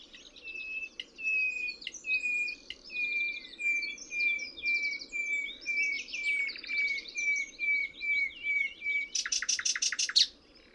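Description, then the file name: Common nightingale song: a long run of loud, pure whistled notes near one pitch, with rapid chattering trills above, ending in a burst of sharp clicking rattles. "Luscinia megarhynchos"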